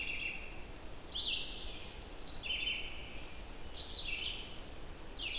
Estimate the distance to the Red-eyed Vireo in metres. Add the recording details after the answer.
about 55 m. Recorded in boreal forest in Alberta, Canada, on 28 June 2016 at 07:12. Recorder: SongMeter 3, array SBT-6-79. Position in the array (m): 121 m, 191 m